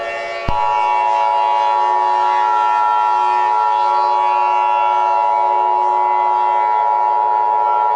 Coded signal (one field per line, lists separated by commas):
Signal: Emergency Alert System (SAME) tones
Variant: 853 and 960 Hz attention tone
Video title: EAS Scenario Special - Lamia Of Evil